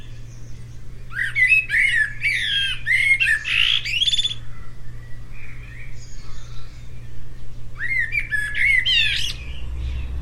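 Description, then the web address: Bird giving squawky chirps and chattering notes in two lively bursts separated by a pause with soft warbles, over a constant low hum. "Deverinetal. Bird Only"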